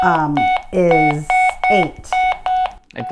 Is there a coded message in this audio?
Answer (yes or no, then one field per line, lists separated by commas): no